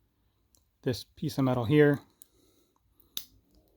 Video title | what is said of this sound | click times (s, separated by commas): Fixing the Smiths Everest PRS-25 Clasp Second Attempt | so that's closed up you can hear it clicking there hopefully | 3.2 s